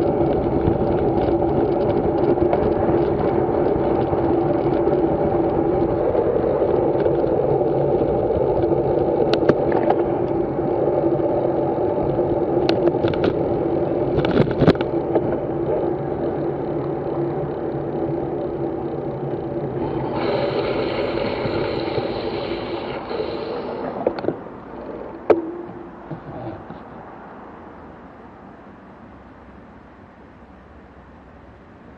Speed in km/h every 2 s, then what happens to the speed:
34, 36, 25, 23, 25, 19, 19, 15, 13, 8, 0, 0, 0, 0, 8, 7.
2-5 brakes to 23. 8-20 slows to 0. 20-27 standing. 27-32 pulls away to 7.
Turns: none.